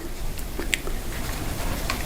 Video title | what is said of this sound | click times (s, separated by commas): Shimano Di2 Wireless Bluetooth E-Tube Adaptor - Worth it? - Bike Maintenance | and click that | 0.7 s